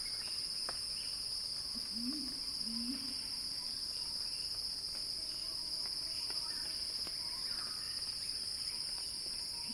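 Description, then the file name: Even, shrill cicada drone throughout, with a couple of low rising calls early on and faint clicks and chirps later. Cicada chorus described as a crescendo; recorded by Axel Drioli for earth.fm. "earth-fm Axel-Drioli Cicada-Crescendo-Sounding-Wild"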